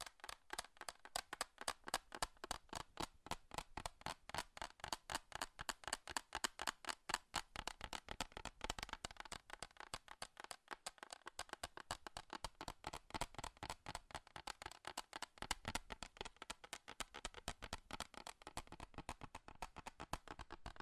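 Fast, furious tapping on metal runs the whole way through, a dense stream of sharp, bright clicks landing many times per second. The rhythm stays rapid and fairly even, with brief stutters and a few louder strikes near the eighth second.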